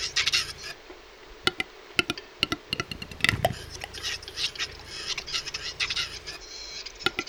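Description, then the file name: Western capercaillie display song with hissing scratches, then spaced knocking clicks that speed up to a sharp cork-like pop, followed by a grinding, wheezy phrase. "Tetrao urogallus"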